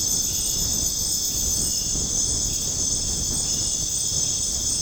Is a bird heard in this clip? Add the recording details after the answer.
no. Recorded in dense forest near Puerto Asís, Putumayo, Colombia, on 25 June 2025 at 23:30. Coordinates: 0.486, -76.317. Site G065